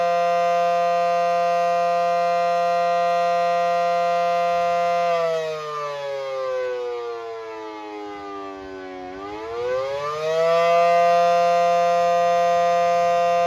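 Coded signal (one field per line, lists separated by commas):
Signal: siren signal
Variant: Federal Signal SD10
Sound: loud steady siren wail that falls in pitch, then climbs back up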